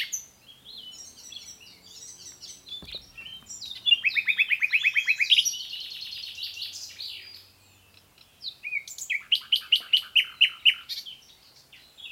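Common nightingale song with scratchy varied notes leading into a quick repeated series, a brief pause, then a second pulsing run of loud repeated notes.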